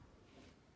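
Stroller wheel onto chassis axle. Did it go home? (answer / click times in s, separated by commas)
no / none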